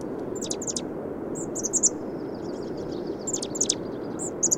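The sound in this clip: Bird song of high-pitched chirps and short sharp notes in small groups, over a steady low rushing background noise.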